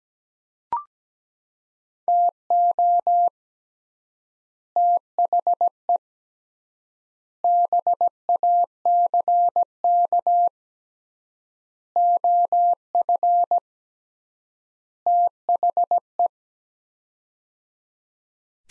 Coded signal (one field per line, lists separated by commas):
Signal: Morse code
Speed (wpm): 17 wpm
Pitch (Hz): 700 Hz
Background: none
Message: TO THE BACK OF THE